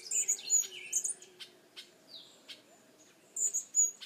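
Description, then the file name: Hummingbird giving sharp, very high squeaky chips in quick bursts at the start and end, while other small birds chirp and whistle in the background. "Colibri"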